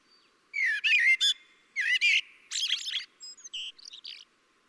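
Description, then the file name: Common blackbird giving a full, mellow warbled phrase followed by scratchy high twittering and a few thin squeaks. "Turdus merula"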